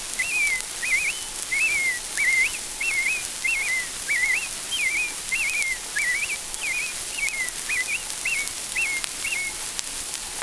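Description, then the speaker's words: American robin song, a long run of short clear whistled phrases that rise and fall, repeated about one and a half times a second, with steady background hiss. Evening song sung from the top of a tall tree in the woods at the close of a day in June. "The robin sings his evening song from the top of a tall tree."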